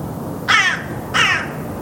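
Bird giving two harsh, rasping caws about two-thirds of a second apart.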